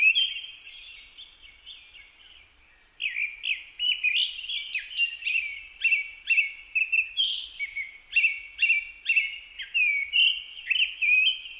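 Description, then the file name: Japanese thrush singing a long, lively sequence of clear whistled notes repeated rapidly and evenly, each note slurring downward, after a softer opening phrase. Recorded 4 May 2010 at 18:30. "kurotugumi-20100504-1830"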